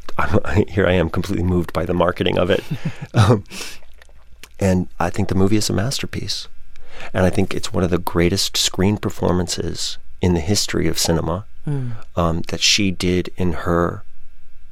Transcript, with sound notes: here I am completely moved by the marketing of it.
(Laughter).
And I think the movie is a masterpiece. And I think it's one of the greatest screen performances in the history of cinema that she did in her